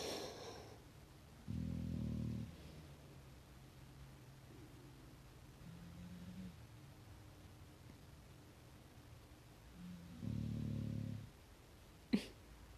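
Two loud, low, buzzing snores about nine seconds apart, roughly seven breaths a minute, with softer rumbling breaths in between. This is snoring from sleeping pets, the loudest a female lying right alongside. A brief sharp click sounds near the end.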